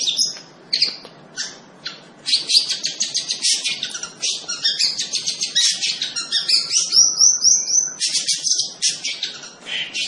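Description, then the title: Long-tailed shrike in lively song: a dense, varied chatter of rapid high notes, including a brief run of clear whistled tones, nearly continuous throughout. Singing lively, described in the local term gacor. "Cendet Gacor"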